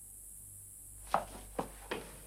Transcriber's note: soundbite of footsteps